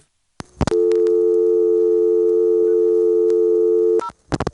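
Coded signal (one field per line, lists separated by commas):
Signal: telephone call progress tone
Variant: North America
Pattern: dial tone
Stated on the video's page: Recorded on an ITT Pentaconta crossbar switching exchange in Asheboro, North Carolina.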